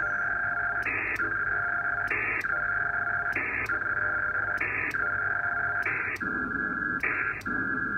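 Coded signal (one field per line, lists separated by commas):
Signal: HF data modem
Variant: PACTOR 4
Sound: six short rushing data bursts at regular intervals over a steady humming tone background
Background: steady tones, radio hum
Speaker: so let's see if it'll connect [Applause] perfect no mail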